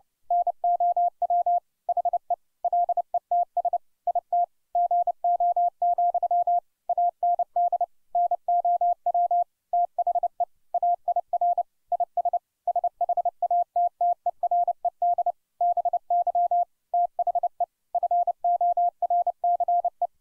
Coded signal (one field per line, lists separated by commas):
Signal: Morse code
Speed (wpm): 30 wpm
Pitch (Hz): 700 Hz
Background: none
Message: NOW HE LETS IT GO, AND NOW THE AIR IS SHATTERED BY THE FORCE